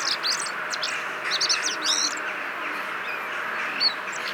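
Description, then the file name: Common blackbird calling with bursts of quick, high, clipped chirps in the first two seconds, then one thin note later, against constant background hiss. "Turdus merula"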